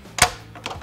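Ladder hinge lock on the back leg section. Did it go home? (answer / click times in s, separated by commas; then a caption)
yes / 0.2 s, 0.7 s. The hinge locks on the back leg section of a King Kombo ladder are unlocked, and the back legs are pulled out into the A-frame stepladder position. A sharp metallic click at 0.2 s is followed by a second, quieter click at 0.7 s as the hinge locks snap into place. The hinges are now locked in the stepladder position.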